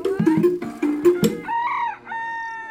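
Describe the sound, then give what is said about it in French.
An old rooster with a curved comb, standing still in front of the farmyard, gives a quick run of sharp, choppy clucks, then lets out a loud, drawn-out crow with a rising and falling tone and no voices. “Un après-midi, alors que mon attention était attirée par un coq immobile devant la basse-cour, grand-père est venu discrètement derrière moi pour me prévenir.”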